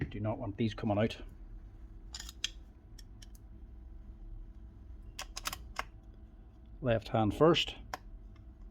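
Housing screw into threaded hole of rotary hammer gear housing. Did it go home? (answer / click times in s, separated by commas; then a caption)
yes / 7.9 s. A housing screw is refitted into a threaded hole in the gear housing of a Bosch GBH 8-45 D rotary hammer, which is being repaired for a broken eccentric gear outside warranty. It is first turned backwards until it drops into the original thread with a small click at 7.9 s, among a few faint ticks. Someone talks at the start and again just before the click, and the screw is seated.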